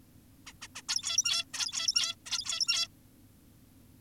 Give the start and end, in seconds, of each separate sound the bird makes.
0.47-0.53, 0.62-0.68, 0.76-0.82, 0.89-1.45, 1.54-2.16, 2.26-2.88